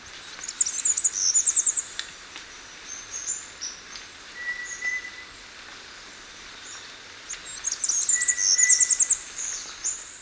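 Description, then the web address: Mountain wren song, two bursts of high rapid trilled and twittering notes about seven seconds apart. Recorded in Ecuador. "Birds of Ecuador. Mountain Wren"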